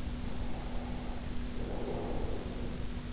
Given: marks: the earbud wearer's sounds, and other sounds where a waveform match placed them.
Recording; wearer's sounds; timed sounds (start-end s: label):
sounds in sleep by an in-ear microphone; breath
0.04-3.05 s: breath